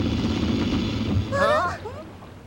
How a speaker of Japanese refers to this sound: おい、エンジン止まっちゃったぜ。 あ、しまった、ガス欠だ。 ガス欠？ガス欠ってどんな尻だ。 バカね、ガソリンが切れちゃったの。 ガソリンってなんだ。